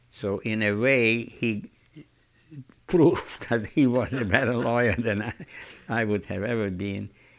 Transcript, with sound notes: So, in a way, he proved (they laugh) that he was a better lawyer than I, I would have ever been.